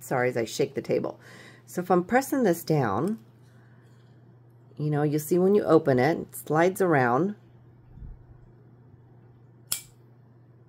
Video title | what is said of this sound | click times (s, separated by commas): EK knives | and it really pops in there. | 9.7 s